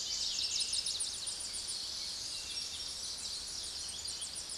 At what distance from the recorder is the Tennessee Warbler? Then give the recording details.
about 50 m. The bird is about 30 m above the microphone. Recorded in a Pennsylvania forest on 16 May 2024 at 06:18. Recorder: AudioMoth, point MSD-1534. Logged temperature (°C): 15.6 °C. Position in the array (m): 31 m, 60 m